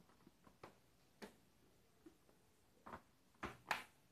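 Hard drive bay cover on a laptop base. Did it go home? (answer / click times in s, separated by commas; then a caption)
yes / 3.4 s, 3.7 s. A plastic hard drive bay cover is pressed back onto the underside of a Lenovo ThinkPad 2020 laptop after a new hard drive is fitted. A few soft taps come first, then two sharp snaps at 3.4 s and 3.7 s as the cover clicks into place and is seated.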